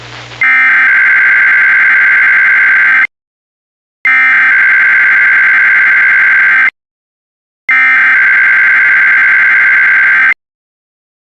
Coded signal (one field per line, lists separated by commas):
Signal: Emergency Alert System (SAME) tones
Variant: header bursts